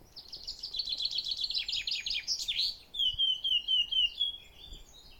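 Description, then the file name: Eurasian blackcap song: a fast, scratchy chattering warble that breaks into a clear, fluty whistled phrase of wavering notes, then fades. "Sylvia atricapilla"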